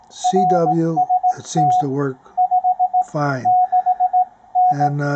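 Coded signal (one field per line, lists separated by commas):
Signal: Morse code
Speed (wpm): 17 wpm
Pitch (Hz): 730 Hz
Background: speech, radio noise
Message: RST 56N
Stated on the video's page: Received on a Ten-Tec Omni VI with a Timewave DSP-9 filter reducing noise.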